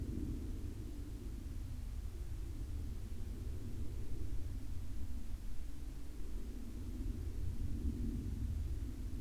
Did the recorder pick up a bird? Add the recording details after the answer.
no. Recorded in the Arctic National Wildlife Refuge, Alaska, on 29 July 2019 at 03:00. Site 41